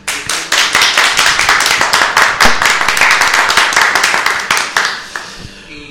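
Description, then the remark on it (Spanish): Several people clap their hands together in a steady burst of overlapping claps, loud and crisp, lasting a few seconds before tapering off into a few scattered final claps. “Sí, podríamos aplaudir también, ¿por qué no?”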